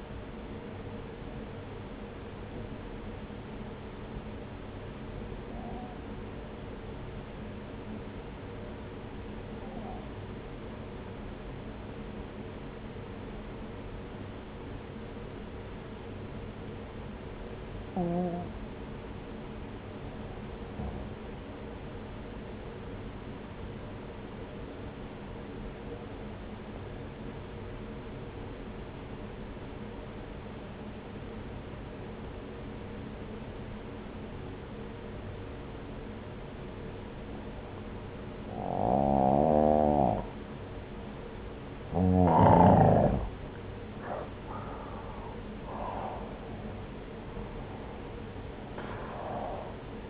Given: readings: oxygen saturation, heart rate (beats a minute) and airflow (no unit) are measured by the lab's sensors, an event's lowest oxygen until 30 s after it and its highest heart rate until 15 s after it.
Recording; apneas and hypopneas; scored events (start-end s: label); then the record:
breathing in sleep by a voice recorder at the bedside; 1
8.00-41.20 s: obstructive apnea (N1, oxygen 96% highest, then 85% lowest)
18.00-48.00 s: new sleep stage, N2 (light sleep)
48.00-50.10 s: new sleep stage, N1 (lightest sleep)
From the record:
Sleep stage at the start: N1 (lightest sleep); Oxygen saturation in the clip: 89 to 96%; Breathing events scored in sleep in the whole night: 303 in 8.1 hours asleep